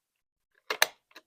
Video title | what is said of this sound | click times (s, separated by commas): Unboxing New American Girl Re-Historical Haul: Julie, Addy, Kirsten, Josefina | Has to snap in, turn the volume on, and then just touch it. | 0.8 s